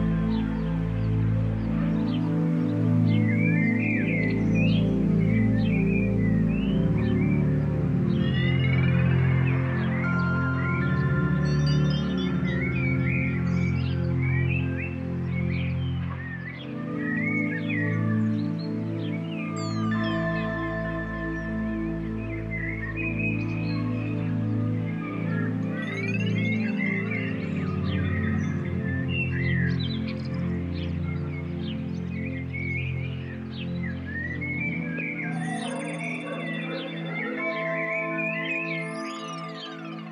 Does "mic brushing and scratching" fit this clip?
no